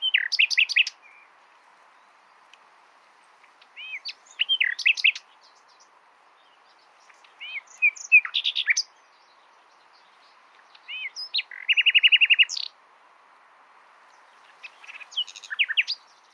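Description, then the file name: Common nightingale song: varied phrases of rapid chirps, looping whistles and a buzzy rattle, each burst lasting one to two seconds with quiet gaps between. "Luscinia megarhynchos"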